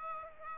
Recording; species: mosquito wingbeat signal from an infrared sensor; Aedes aegypti